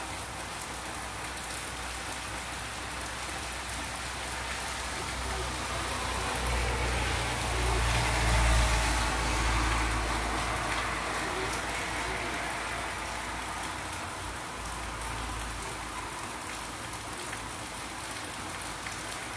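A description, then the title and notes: Heavy rain pours down in a dense, steady hiss that fills the whole clip. A low rumble builds and swells between about six and eleven seconds, like a vehicle passing through, then fades back into the constant downpour. Lots and lots of rain. Just listening to some loud loud rain.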